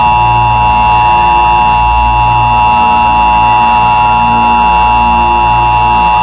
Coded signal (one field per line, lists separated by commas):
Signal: Emergency Alert System (SAME) tones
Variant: 853 and 960 Hz attention tone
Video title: EAS Scenario/Analog & Digital Horror - Cordis Die